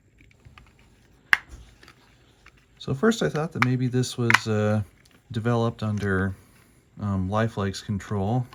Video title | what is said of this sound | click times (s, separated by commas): New Series: Mass Train Repair!! | this light bulb snaps back into here | 1.3 s